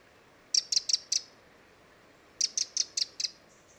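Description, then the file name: Eurasian wren calling: two quick series of sharp, high ticks, four then five, separated by a short pause. "Troglodytes troglodytes"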